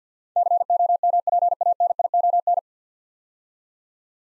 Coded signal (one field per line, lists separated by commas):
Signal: Morse code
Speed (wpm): 50 wpm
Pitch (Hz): 700 Hz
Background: none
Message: COMPANION